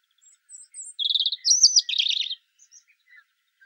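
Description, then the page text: European robin song, one rapid phrase with a fast high trill leading into a buzzy, jangling run of notes, with faint scattered chips around it. "Птицы-целители - Зарянка (Erithacus rubecula)"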